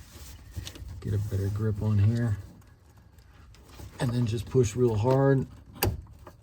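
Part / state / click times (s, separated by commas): fuel line quick-connect coupling onto fuel filter / seated / 5.8 s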